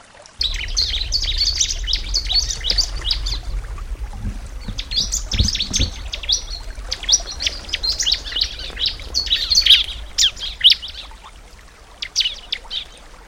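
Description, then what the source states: Bar-winged prinia song: dense bursts of high, sharp chirps in rapid runs, pausing briefly around four seconds, over a low rumble. Nature-therapy recording meant for a ciblek that has stopped singing (macet).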